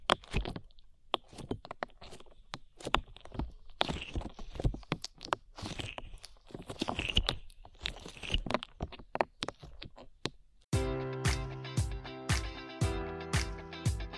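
Sticky slime squelches and pops in irregular wet clicks for ten seconds, then a steady, rhythmic pulsing tone with regular beats takes over.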